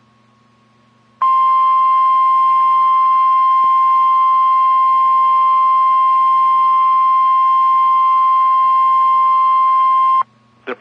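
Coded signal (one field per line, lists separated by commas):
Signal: Emergency Alert System (SAME) tones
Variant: 1050 Hz attention tone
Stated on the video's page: NOAA Weather Radio weekly test alerts.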